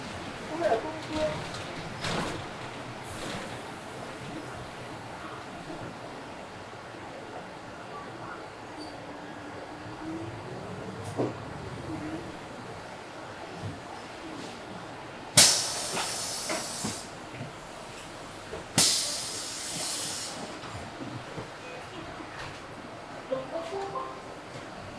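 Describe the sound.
A bus rides out of town with a steady rumble and murmured voices, broken by two sharp hissing bursts around fifteen and nineteen seconds.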